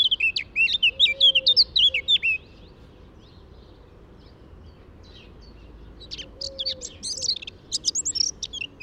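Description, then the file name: Eurasian blackcap singing two phrases of fast squeaky warbling and whistles, separated by a long pause, with faint low tones behind. "Sylvia atricapilla"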